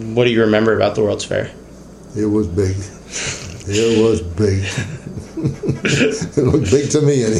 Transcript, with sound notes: What do you remember about the World's Fair?
It was big. It was big! [Laughter] It looked big to me anyways.